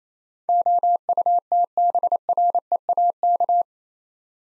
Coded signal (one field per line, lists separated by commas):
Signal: Morse code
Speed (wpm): 28 wpm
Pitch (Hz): 700 Hz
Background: none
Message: OUTBREAK